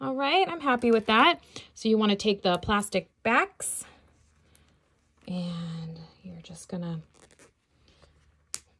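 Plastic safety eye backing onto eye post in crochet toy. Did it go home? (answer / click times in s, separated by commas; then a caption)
yes / 8.5 s. A plastic washer back is pressed onto the post of a plastic safety eye through a crocheted bear head. Someone talks, then after a few faint handling sounds the backing snaps home with a sharp click at 8.5 s, seating the safety eye.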